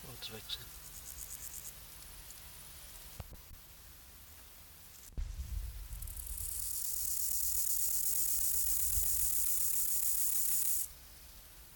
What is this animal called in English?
Rufous Grasshopper